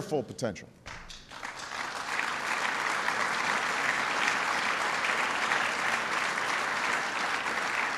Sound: applause

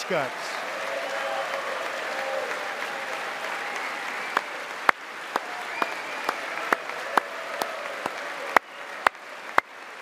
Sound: applause

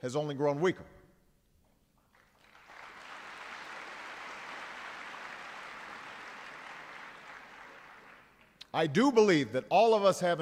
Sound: applause

